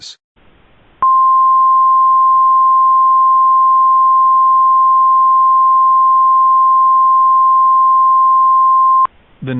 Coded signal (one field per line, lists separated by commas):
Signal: Emergency Alert System (SAME) tones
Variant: 1050 Hz attention tone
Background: speech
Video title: EAS Mock: ℂ𝕠𝕟𝕔𝕖𝕡𝕥